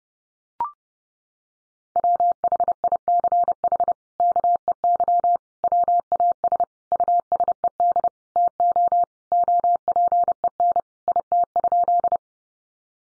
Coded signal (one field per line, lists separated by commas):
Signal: Morse code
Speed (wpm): 30 wpm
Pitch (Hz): 700 Hz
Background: none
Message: WHICH KEY WAS USED TO OPEN IT?